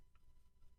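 A plastic chamber flag sitting in the chamber of a SIG Sauer P322 pistol is handled and rotated around, giving faint low rustling and handling noise with a few soft brief tones. Nothing has seated or clicked into place yet.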